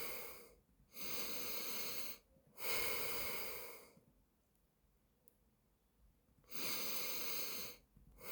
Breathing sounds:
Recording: nose breathing near a microphone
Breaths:
0.00-0.60 s: exhalation
0.60-2.25 s: inhalation
2.25-3.85 s: exhalation
6.20-7.85 s: inhalation
7.85-8.32 s: exhalation
From the record:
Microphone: phone

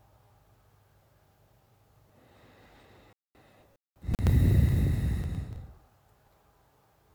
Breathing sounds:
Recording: nose breathing near a microphone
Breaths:
2.02-3.87 s: inhalation
3.87-5.99 s: exhalation
From the record:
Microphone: phone

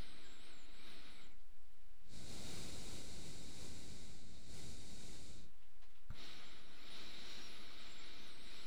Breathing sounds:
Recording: nose breathing near a microphone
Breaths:
0.00-1.69 s: inhalation
1.69-5.82 s: exhalation
5.82-8.67 s: inhalation
From the record:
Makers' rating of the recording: medium

